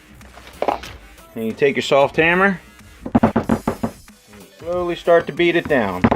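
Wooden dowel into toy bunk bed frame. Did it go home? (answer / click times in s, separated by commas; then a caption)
no / none. Someone talks while a wooden dowel, edged into a hole in the frame of a wooden toy doll bunk bed, is slowly tapped down with a soft hammer, with a series of short dull knocks between about 3.1 and 4.1 seconds. The dowel has not seated or stopped yet when the clip ends.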